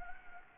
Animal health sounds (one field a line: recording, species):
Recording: mosquito wingbeat signal from an infrared sensor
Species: Anopheles gambiae